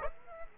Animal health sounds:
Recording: mosquito wingbeat signal from an infrared sensor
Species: Aedes aegypti

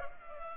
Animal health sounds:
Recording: mosquito wingbeat signal from an infrared sensor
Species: Culex pipiens

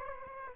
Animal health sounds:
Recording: mosquito wingbeat signal from an infrared sensor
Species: Aedes aegypti

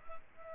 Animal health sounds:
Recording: mosquito wingbeat signal from an infrared sensor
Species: Culex pipiens

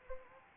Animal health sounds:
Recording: mosquito wingbeat signal from an infrared sensor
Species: Anopheles arabiensis

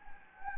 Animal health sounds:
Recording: mosquito wingbeat signal from an infrared sensor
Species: Anopheles gambiae

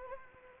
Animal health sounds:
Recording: mosquito wingbeat signal from an infrared sensor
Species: Anopheles arabiensis

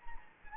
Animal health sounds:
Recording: mosquito wingbeat signal from an infrared sensor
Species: Anopheles gambiae

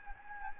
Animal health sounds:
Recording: mosquito wingbeat signal from an infrared sensor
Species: Anopheles gambiae

